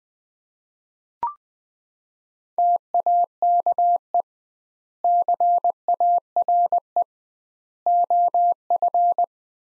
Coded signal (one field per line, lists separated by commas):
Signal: Morse code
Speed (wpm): 20 wpm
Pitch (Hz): 700 Hz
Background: none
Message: TAKE CARE OF